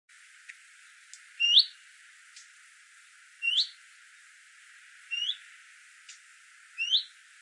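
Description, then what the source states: Leaf warbler with sharp upward-sweeping chirps repeated at irregular intervals of about two seconds, faint clicks in the background. European leaf warbler, call.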